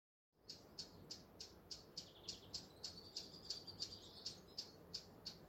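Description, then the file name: Eurasian blackcap: after a moment of silence, a blackcap starts hard clicking tacks that repeat evenly, roughly three each second, with a thin high note running through the middle. "Sylvia atricapilla"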